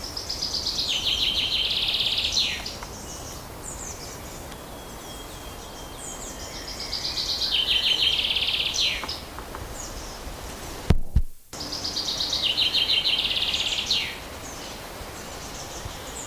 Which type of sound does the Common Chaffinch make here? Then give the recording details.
song. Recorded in the wild. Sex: male. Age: adult. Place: Forsthaus Dreilinden, Wannsee, Berlin, DE. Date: 1997-06-08 15:51. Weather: fair, ca. 26°C, gusty winds. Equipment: Nagra SN, Kopie Uher 4000 Report Monitor. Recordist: Tembrock, Günter. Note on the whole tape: Männchen: Gesang (zwei Strophentypen), zwei Exemplare